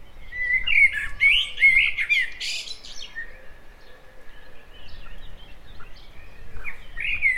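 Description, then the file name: Common blackbird singing rich, fluty warbled phrases around the first three seconds, followed by quieter twittering and another brief phrase near the end. "Turdus merula"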